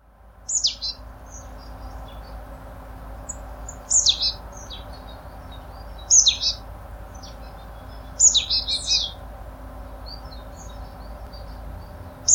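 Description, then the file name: Marsh tit calling in short clusters of high, sharp notes repeated every few seconds, with fainter thin chirps between them over a low constant hiss. "Poecile palustris"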